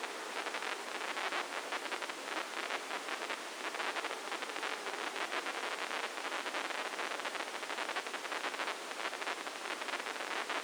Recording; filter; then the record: brain microelectrode recording played as sound; spike band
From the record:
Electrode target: subthalamic nucleus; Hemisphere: left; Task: reaching with the right hand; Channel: 1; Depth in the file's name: 2.062 mm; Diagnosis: Parkinson's disease